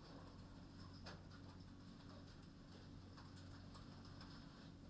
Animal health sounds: poultry house recording; no chicken sound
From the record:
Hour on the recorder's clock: 21

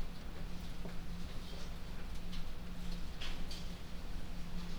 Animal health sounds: poultry house recording; no chicken sound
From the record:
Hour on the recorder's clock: 23

